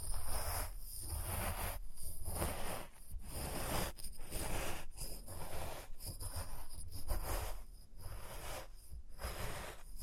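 Experimental triggers made with test tubes: a dense, hissing, rustling sound that runs almost the whole time, with a steady low rumble underneath. Brief pauses break it up every second or so, and the texture stays rough and breathy throughout.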